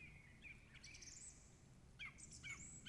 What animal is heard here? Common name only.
Song Thrush